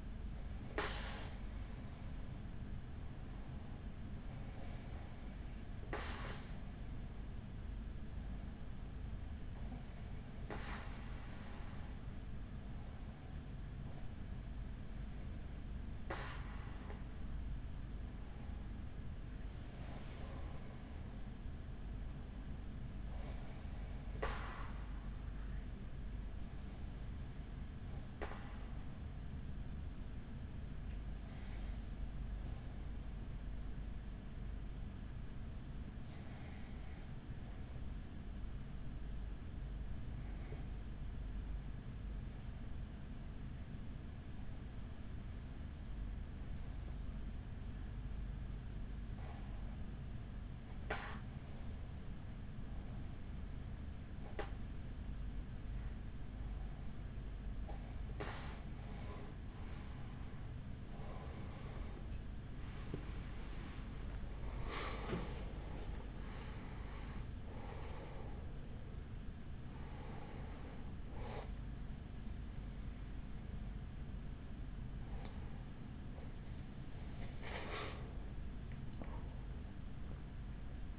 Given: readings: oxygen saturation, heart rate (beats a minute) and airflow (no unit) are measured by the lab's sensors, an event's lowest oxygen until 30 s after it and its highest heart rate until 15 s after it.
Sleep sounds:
breathing in sleep by a smartphone at the bedside; 1
7.00-80.99 s: new sleep stage, N1 (lightest sleep)
20.00-46.20 s: hypopnea (N1, oxygen 95% highest, then 91% lowest, heart rate 52 at the start, 62 highest)
From the record:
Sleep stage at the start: REM sleep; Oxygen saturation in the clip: 91 to 95%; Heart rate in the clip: 44 to 62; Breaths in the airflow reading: 19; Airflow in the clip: -9.1 to 8.0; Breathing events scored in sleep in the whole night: 207 in 7.6 hours asleep

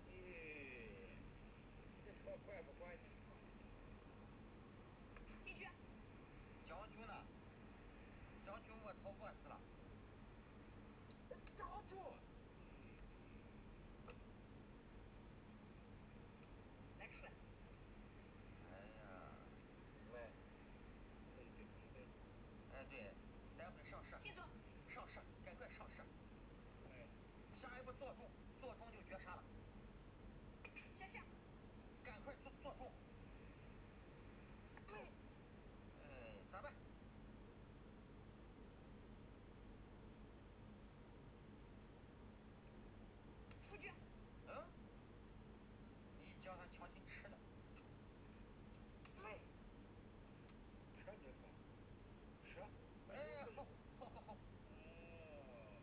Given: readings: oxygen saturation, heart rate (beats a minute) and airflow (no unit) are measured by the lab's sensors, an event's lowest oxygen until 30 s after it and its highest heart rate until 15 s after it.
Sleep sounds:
a person awake in a sleep study, by a voice recorder at the bedside; none
0.00-55.83 s: awake
From the record:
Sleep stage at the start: awake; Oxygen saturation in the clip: 95 to 96%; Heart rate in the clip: 76 to 81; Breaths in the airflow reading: 14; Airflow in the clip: -4.0 to 5.3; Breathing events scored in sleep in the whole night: 131 in 7.2 hours asleep

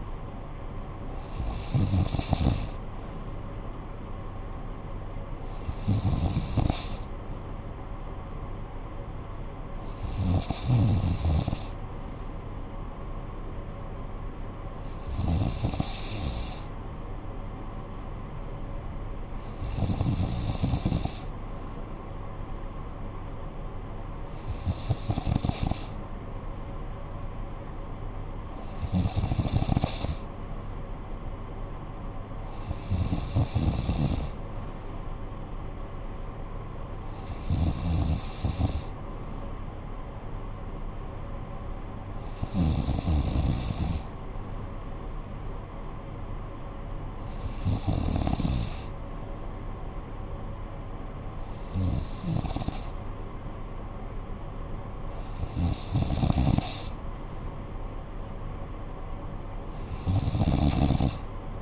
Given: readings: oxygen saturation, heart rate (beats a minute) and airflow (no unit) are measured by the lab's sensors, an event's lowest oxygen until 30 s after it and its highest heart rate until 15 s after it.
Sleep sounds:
breathing in sleep by a smartphone at the bedside; none
none scored
From the record:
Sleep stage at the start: N3 (deep sleep); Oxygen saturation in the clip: 94%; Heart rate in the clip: 52 to 61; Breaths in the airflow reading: 14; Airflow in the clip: -9.7 to 6.0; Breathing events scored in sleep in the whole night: 445 in 7.6 hours asleep

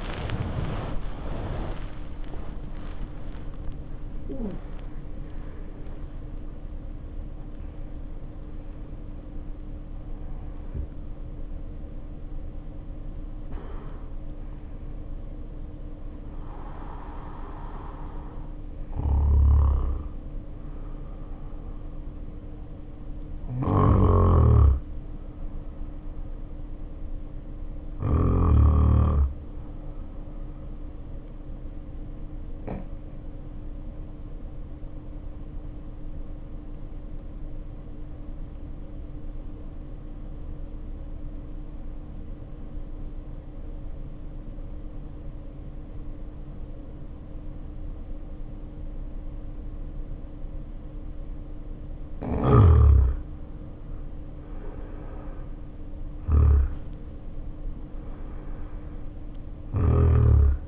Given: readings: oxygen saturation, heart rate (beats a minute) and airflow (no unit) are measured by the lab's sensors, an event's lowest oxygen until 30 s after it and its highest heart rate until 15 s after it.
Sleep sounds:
breathing in sleep by a smartphone at the bedside; 1
34.00-54.20 s: hypopnea (N1, oxygen 97% highest, then 80% lowest, heart rate 52 at the start, 68 highest)
From the record:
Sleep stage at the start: N1 (lightest sleep); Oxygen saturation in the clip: 70 to 97%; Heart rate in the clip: 50 to 86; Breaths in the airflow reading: 19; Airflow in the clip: -2.2 to 1.1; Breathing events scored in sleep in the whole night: 520 in 7.2 hours asleep

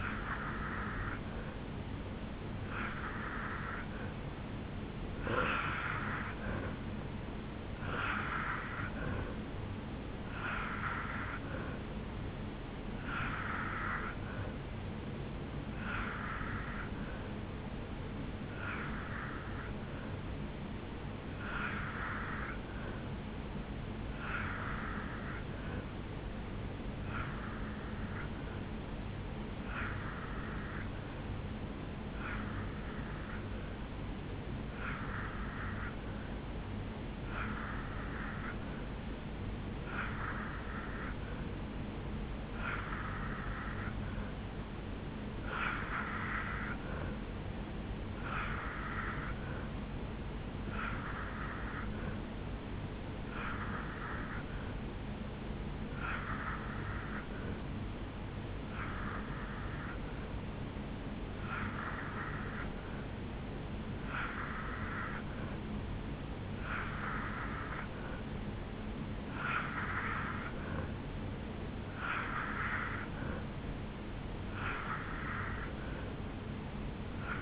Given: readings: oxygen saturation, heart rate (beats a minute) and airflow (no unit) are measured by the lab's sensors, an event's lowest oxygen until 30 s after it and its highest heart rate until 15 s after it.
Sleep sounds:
breathing in sleep by a voice recorder at the bedside; 1
4.00-34.00 s: new sleep stage, N2 (light sleep)
20.00-43.20 s: hypopnea (N2, oxygen 88% highest, then 84% lowest, heart rate 71 at the start, 77 highest)
34.00-64.00 s: new sleep stage, N3 (deep sleep)
64.00-77.42 s: new sleep stage, N2 (light sleep)
From the record:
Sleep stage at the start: N3 (deep sleep); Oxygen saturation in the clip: 84 to 88%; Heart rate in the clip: 71 to 77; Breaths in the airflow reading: 29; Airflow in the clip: -3.3 to 1.5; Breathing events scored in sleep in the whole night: 449 in 7.0 hours asleep

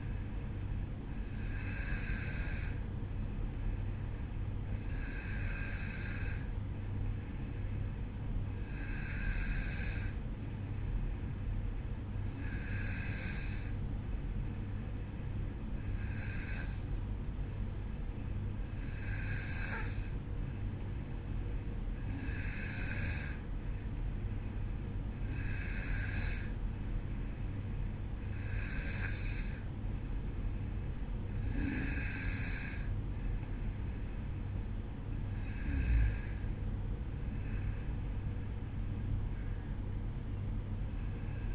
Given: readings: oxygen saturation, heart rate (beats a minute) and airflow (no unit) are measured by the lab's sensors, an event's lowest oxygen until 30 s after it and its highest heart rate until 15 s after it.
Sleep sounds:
breathing in sleep by a smartphone at the bedside; none
27.00-41.55 s: new sleep stage, N1 (lightest sleep)
From the record:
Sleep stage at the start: N2 (light sleep); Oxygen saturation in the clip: 93%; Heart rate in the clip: 52 to 55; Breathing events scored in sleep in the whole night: 305 in 9.6 hours asleep

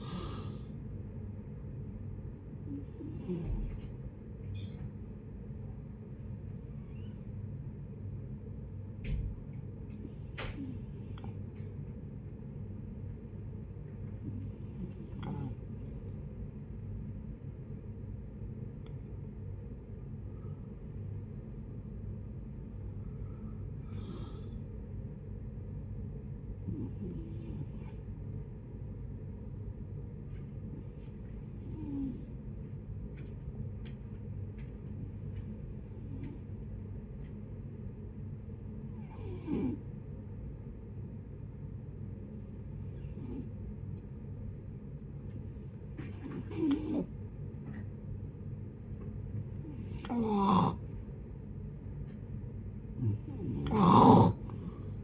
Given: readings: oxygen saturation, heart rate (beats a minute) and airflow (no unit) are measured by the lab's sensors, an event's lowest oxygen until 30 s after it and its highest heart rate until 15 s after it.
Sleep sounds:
breathing in sleep by a smartphone at the bedside; 2
5.00-17.90 s: hypopnea (N1, oxygen 87% highest, then 87% lowest, heart rate 69 at the start, 71 highest)
20.00-50.00 s: new sleep stage, N2 (light sleep)
31.00-50.10 s: hypopnea (N2, oxygen 95% highest, then 87% lowest, heart rate 65 at the start, 73 highest)
50.00-55.04 s: new sleep stage, N1 (lightest sleep)
From the record:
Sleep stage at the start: N1 (lightest sleep); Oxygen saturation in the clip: 81 to 95%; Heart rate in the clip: 58 to 78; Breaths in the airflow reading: 14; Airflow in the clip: -8.2 to 9.6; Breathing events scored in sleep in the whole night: 496 in 5.4 hours asleep

